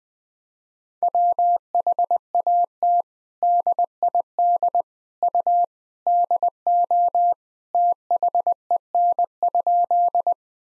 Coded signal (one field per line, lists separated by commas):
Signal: Morse code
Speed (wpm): 20 wpm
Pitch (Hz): 700 Hz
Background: none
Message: WHAT DID U DO THEN?